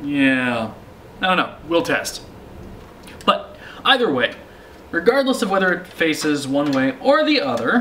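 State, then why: Not seated. A PC component, possibly a fan, that can face either way is handled toward its mount in a computer case while someone talks, with a brief sharp sound at 3.2 s. Nothing has seated or clicked into place yet.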